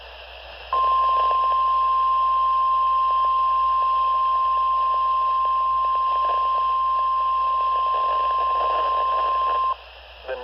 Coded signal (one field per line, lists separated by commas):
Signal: Emergency Alert System (SAME) tones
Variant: 1050 Hz attention tone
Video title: (EAS #2,583 - #2,607) THE EAS SUNDAY TICKET - EAS Alerts from 9/14/25